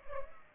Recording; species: mosquito wingbeat signal from an infrared sensor; Culex pipiens